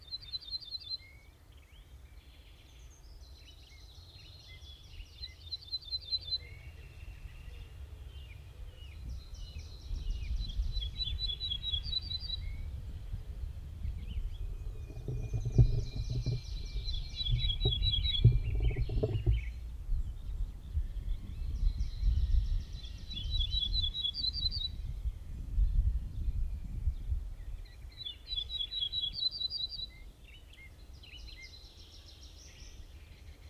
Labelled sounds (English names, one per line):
Ortolan Bunting